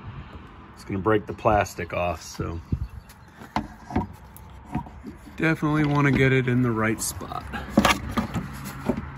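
Someone talks while lining up a replacement plastic rear barn-door exterior handle in its slot in the door panel of a 2000–2006 Suburban, Yukon or Tahoe, ready to be pushed in by hand. A few short knocks and taps are heard between the speech. The handle's top retaining clip has not snapped into the door yet; nothing has seated or clicked.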